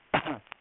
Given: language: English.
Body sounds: throat vibration sensor signal played as sound; cough

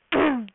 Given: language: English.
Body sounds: throat vibration sensor signal played as sound; throat clearing

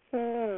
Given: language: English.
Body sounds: throat vibration sensor signal played as sound; speech

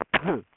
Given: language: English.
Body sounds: throat vibration sensor signal played as sound; cough

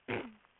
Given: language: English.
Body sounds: throat vibration sensor signal played as sound; throat clearing

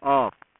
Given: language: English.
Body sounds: throat vibration sensor signal played as sound; speech

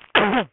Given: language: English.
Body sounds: throat vibration sensor signal played as sound; cough

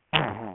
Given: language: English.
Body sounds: throat vibration sensor signal played as sound; throat clearing

